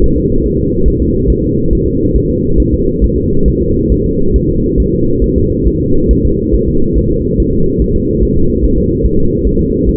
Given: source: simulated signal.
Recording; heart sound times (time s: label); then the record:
fetal heart sounds
0.04 s: S1
0.18 s: S2
0.46 s: S1
0.60 s: S2
0.88 s: S1
1.02 s: S2
1.30 s: S1
1.44 s: S2
1.73 s: S1
1.87 s: S2
2.16 s: S1
2.30 s: S2
2.60 s: S1
2.74 s: S2
3.04 s: S1
3.18 s: S2
3.48 s: S1
3.62 s: S2
3.92 s: S1
4.06 s: S2
4.36 s: S1
4.50 s: S2
4.80 s: S1
4.94 s: S2
5.24 s: S1
5.38 s: S2
5.67 s: S1
5.81 s: S2
6.11 s: S1
6.25 s: S2
6.54 s: S1
6.68 s: S2
6.97 s: S1
7.11 s: S2
7.40 s: S1
7.54 s: S2
7.82 s: S1
7.96 s: S2
8.23 s: S1
8.37 s: S2
8.64 s: S1
8.78 s: S2
9.05 s: S1
9.19 s: S2
9.47 s: S1
9.61 s: S2
9.89 s: S1
From the record:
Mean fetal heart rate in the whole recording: 140 bpm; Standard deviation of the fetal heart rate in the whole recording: 2 bpm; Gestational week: 34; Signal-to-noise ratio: -16.4 dB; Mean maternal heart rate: 72 bpm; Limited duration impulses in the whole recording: present